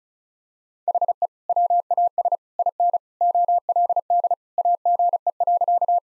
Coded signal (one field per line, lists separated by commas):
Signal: Morse code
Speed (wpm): 36 wpm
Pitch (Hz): 700 Hz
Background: none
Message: HE WAS IN OLD AGE.